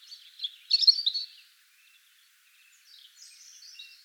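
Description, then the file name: European robin giving a short high warbling phrase, followed by fainter thin whistled notes trailing off. "Erithacus rubecula"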